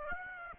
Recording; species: mosquito wingbeat signal from an infrared sensor; Aedes aegypti